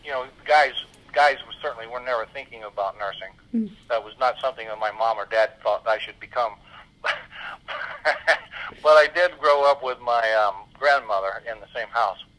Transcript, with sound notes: You know, guys, guys certainly were never thinking about nursing. That was not something that my mom or dad thought I should become. (laughs) But I did grow up with my grandmother in the same house.